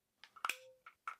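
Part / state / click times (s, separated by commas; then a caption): cover onto device housing / seated / 1.1 s. A device's cover, which can be mounted in either direction, is pushed onto the housing, producing a series of short plastic clicks and knocks with a brief faint ringing tone in between. It clicks into place at 1.1 s and is seated, though the fastening system is judged impractical.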